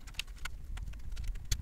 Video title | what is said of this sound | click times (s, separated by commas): Reanimacja 20 letniego komputera z OLX | okej wskoczył na miejsce już możemy go tu jakoś ułożyć i podłączyć to | 1.5 s